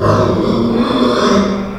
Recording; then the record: squeal of a Yucatan mini pig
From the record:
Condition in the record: after surgery on the right vocal fold (resection and tissue-engineered implant); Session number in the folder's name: 15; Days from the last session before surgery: 175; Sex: female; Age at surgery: 19 weeks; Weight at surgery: 25 kg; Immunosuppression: prednisolone